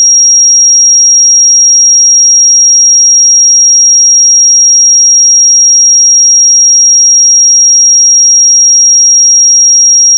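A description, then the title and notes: A pure 5631 Hz sine tone holds perfectly steady and high-pitched at constant loudness for the full ten seconds, with nothing else beneath it. 5631 Hz 1 Hz Interval Sine Pure Tone Frequency 441000 Sample Mono.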